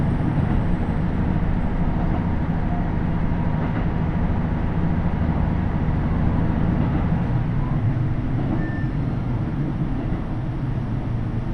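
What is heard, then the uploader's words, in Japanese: A KiHa 75 diesel railcar runs on the Taita Line, its engine and wheels making a steady, heavy low rumble that holds an even loudness throughout. Faint rattles and clicks ride over the drone, and a brief thin whine appears near the ninth second. 耳で楽しむ鉄道旅 太多線 美濃太田→多治見キハ75。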